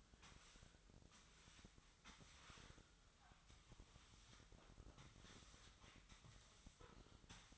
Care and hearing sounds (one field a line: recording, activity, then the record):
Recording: daily activity, microphone in the room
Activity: sweep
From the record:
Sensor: 3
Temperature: 24.8 degrees Celsius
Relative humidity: 38.3%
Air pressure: 1003.1 hPa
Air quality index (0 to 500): 196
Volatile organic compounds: 6 ppm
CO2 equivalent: 1913 ppm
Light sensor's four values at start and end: 18/44/18/20 and 18/44/19/20